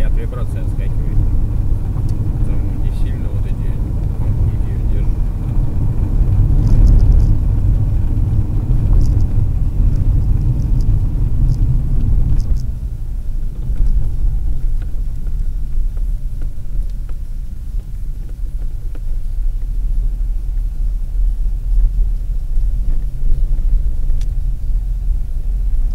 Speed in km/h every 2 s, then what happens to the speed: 65, 65, 65, 66, 66, 65, 51, 37, 29, 24, 25, 25, 26.
0-10 steady at about 65. 10-17 brakes to 24. 17-26 steady at about 25.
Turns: none.